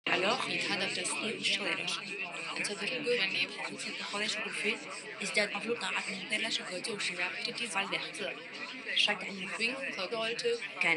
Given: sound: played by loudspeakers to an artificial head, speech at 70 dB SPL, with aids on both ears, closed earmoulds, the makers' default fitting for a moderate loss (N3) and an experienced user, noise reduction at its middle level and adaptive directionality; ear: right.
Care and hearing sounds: speech test signal (ISTS) in cocktail-party noise; -3 dB; in front (0 degrees)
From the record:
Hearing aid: class 2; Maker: I

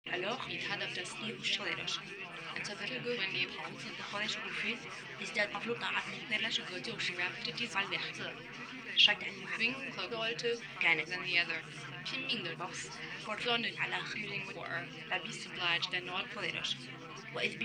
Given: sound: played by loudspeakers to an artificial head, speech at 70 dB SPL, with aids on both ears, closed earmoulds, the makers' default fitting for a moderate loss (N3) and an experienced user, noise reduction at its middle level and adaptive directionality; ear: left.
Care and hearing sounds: speech test signal (ISTS) in cocktail-party noise; 0 dB; in front (0 degrees)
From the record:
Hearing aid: class 2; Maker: F

